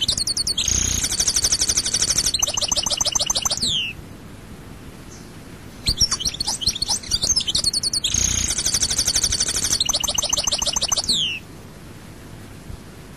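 European goldfinch song: two long phrases of buzzy trills and tinkling notes, the first ending in a falling slur, separated by a pause and a jumbled twitter.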